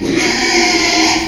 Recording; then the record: squeal of a Yucatan mini pig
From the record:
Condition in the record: after surgery on the right vocal fold (resection and tissue-engineered implant); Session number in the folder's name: 2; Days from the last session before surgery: 13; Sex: male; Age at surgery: 12 weeks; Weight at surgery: 13 kg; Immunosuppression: cyclosporine, prednisolone